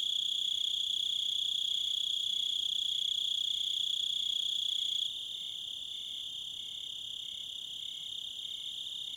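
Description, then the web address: Cricket chorus of steady, high-pitched trilling with a regular pulse; the sound drops noticeably in loudness about halfway through and continues more softly. "Echoes of Nature - American Wilds. Crickets"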